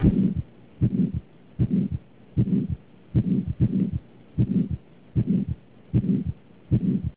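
An adult heart heard through a stethoscope: a regular heartbeat at about 77 beats a minute. Each beat is a low thudding pair of sounds joined by a rough, murmuring noise that fills much of the cycle. The pattern is an abnormal heart murmur.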